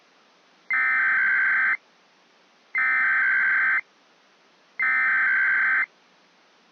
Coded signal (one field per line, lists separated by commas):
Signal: Emergency Alert System (SAME) tones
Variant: header bursts